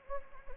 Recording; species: mosquito wingbeat signal from an infrared sensor; Anopheles gambiae